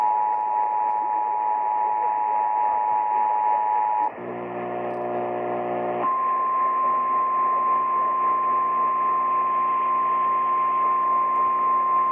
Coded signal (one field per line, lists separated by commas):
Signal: Emergency Alert System (SAME) tones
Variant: 853 and 960 Hz attention tone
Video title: EAS #2713 PDS TORNADO WARNING ON WLAC-AM